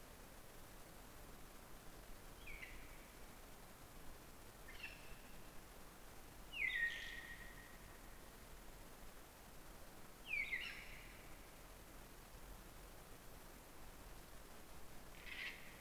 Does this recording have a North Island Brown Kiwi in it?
no